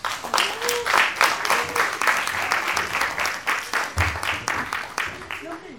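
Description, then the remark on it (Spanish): A crowd applauds steadily to welcome a performer onstage, dense overlapping claps forming a loud, sustained roar with a few cheers and voices mixed in throughout. “Y quiero un fuerte aplauso para recibir aquí”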